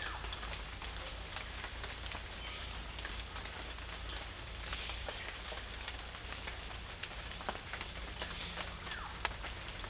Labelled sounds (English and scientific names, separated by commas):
none